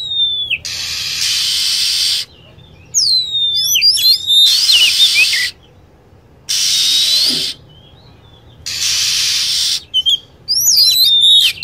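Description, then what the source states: Lovebird chirps: scattered high, falling squeaks and clustered twitters, interrupted by long stretches of strong hiss. Lure sound used for attracting lovebirds.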